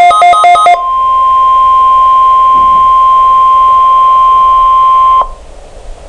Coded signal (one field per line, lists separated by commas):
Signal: Emergency Alert System (SAME) tones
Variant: 1050 Hz attention tone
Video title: Required Weekly Test - EAS #205